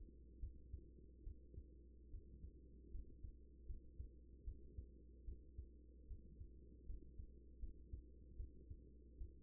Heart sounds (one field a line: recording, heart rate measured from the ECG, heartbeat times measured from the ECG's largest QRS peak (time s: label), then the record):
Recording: heart sounds by stethoscope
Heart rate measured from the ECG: 75 bpm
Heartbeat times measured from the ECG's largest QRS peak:
0.40 s: heartbeat
1.23 s: heartbeat
2.10 s: heartbeat
2.91 s: heartbeat
3.66 s: heartbeat
4.44 s: heartbeat
5.25 s: heartbeat
6.07 s: heartbeat
6.86 s: heartbeat
7.59 s: heartbeat
8.36 s: heartbeat
9.17 s: heartbeat
From the record:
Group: healthy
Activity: rest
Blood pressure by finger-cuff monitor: 113/61 mmHg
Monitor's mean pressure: 80 mmHg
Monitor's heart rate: 76 bpm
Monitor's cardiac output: 6.9 L/min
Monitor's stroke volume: 90 mL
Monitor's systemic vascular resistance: 840 dyn s/cm5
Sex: female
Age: 24 years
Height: 163 cm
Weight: 55.7 kg